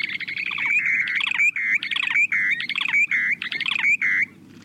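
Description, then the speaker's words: Short-billed Dowitcher breeding song with bubbling, stuttering trills alternating with clear whistled slurs, several phrases before it stops abruptly. Breeding songs of bubbling and trilling given in display flight: birds fly about 150 feet up, glide slowly down with bills open, then fall; audible up to a quarter mile away. "These calls might seem unimpressive, but take a listen to the short-billed dowitcher's breeding songs."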